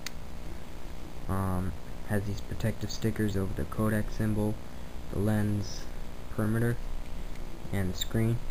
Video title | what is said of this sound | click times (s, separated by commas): Kodak Easyshare M530 Point and shoot camera Unboxing and Review | open it like that battery clicks into place there | 0.1 s